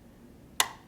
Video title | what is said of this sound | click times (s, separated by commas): Sew-along Project Potato Bag | You're going to hear a snap. | 0.6 s